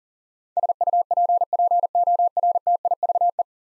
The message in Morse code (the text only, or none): SUPPORTIVE